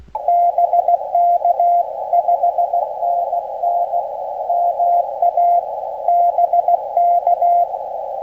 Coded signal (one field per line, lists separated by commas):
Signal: Morse code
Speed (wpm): 16 wpm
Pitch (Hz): 700 Hz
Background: radio noise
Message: BK 5NN MA BK